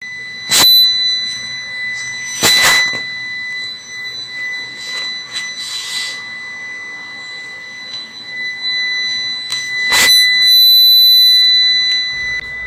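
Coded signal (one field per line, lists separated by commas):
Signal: beep code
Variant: UPS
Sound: a continuous high-pitched electronic whine, with three loud thumps or bangs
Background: handling noise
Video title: UPS Beep sound problem fix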